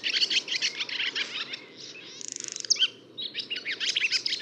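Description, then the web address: Barn swallow singing a fast, continuous twittering warble broken by a dry buzzy rattle partway through, then resuming the chatter. "fugler laavesvale"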